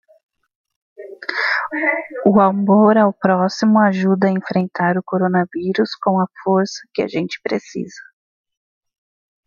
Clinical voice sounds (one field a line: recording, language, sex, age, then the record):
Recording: spoken sentence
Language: Brazilian Portuguese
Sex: female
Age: 40 to 49 years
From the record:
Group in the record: control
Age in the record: 42 years